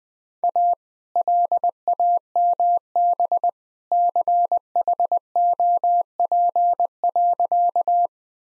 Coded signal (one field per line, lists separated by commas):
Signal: Morse code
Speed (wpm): 20 wpm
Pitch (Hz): 700 Hz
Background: none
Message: A LAMB CHOP.